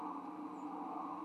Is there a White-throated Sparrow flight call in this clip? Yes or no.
no